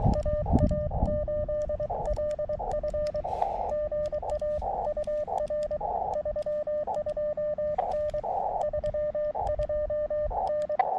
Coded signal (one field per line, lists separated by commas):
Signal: Morse code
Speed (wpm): 22 wpm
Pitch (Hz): 600 Hz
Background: radio noise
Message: AA8LF GA UR 32N 32N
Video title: Activating Chenango Valley State Park: CW POTA @ K-2032 using the Elecraft KX2 and AX1 antenna.